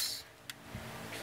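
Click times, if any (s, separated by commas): 0.5 s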